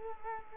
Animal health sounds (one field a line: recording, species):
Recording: mosquito wingbeat signal from an infrared sensor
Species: Culex quinquefasciatus